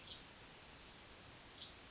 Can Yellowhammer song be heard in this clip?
no